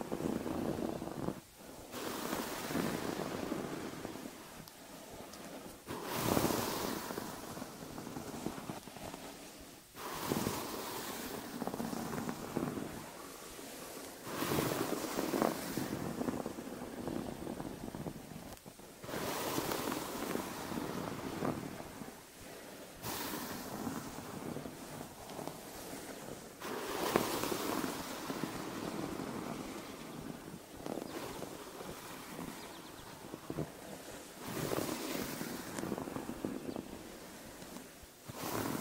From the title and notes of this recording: First Person Head Spa Hair Wash, Brushing, Oil Ear Massage, Steam Mask (no talking).